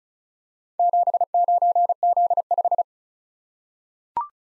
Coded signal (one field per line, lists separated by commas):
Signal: Morse code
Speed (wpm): 36 wpm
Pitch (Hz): 700 Hz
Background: none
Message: 79Z5